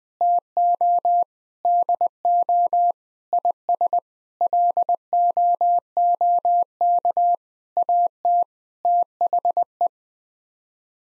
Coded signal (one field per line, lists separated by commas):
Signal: Morse code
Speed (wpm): 20 wpm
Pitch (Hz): 700 Hz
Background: none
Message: TO DO IS LOOK AT THE